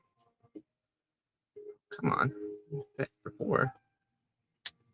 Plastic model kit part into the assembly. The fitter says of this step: there you go snap right in nicely yes